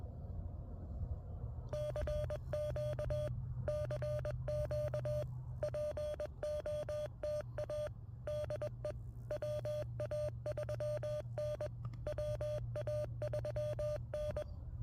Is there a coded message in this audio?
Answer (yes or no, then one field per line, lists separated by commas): yes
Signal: Morse code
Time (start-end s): 1.7-14.4 s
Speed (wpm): 20 wpm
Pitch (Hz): 590 Hz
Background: none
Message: CQ CQ POTA DE WA3N WA3N